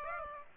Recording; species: mosquito wingbeat signal from an infrared sensor; Aedes aegypti